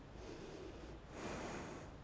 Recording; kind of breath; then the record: one breath in and out by a microphone near the nose and mouth; normal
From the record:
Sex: female